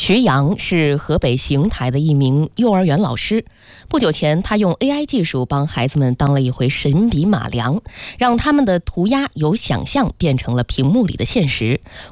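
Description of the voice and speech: Clear, fluent Mandarin news narration by one adult speaker at a steady pace, with ordinary voice quality.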